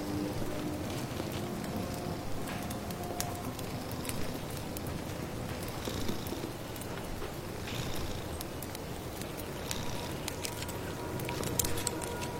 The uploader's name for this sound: stir your magic amulet soup, accompanied by birdsong, firewood, rustling rain